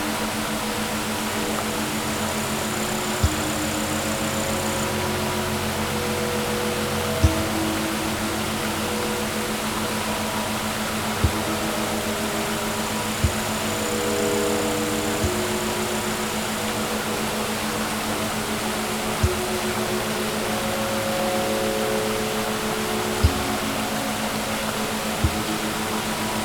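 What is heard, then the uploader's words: A waterfall roars steadily and densely from close by, the wash of falling water unchanging throughout. A low, even hum sits beneath it, and faint sharp clicks or knocks punctuate the rush every few seconds. Under The Waterfall.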